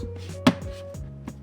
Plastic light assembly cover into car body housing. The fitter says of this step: And then the rest of cover snaps in place.